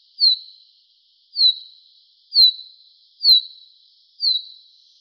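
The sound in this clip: Common chaffinch call: short high whistled notes slurring downward, repeated about once a second, five notes in a quiet background.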